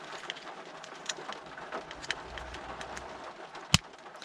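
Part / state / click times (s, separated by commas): paddle shifter into steering column mount / seated / 3.7 s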